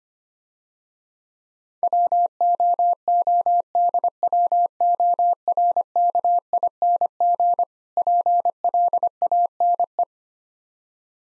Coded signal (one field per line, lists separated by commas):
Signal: Morse code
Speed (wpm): 25 wpm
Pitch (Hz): 700 Hz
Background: none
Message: WOODWORKING PLANE